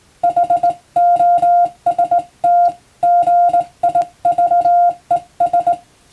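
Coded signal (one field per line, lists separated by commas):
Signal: Morse code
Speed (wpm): 21 wpm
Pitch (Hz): 700 Hz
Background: music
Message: HOST GIVES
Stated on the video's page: Morse reception practice using telegram practice texts for radio operator training, also for amateur radio receiving practice.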